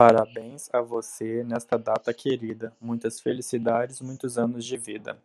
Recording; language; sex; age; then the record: short text; Brazilian Portuguese; male; 30 to 39 years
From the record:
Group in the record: control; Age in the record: 33 years